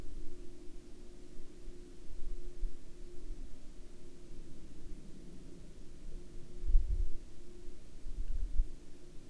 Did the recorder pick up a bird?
no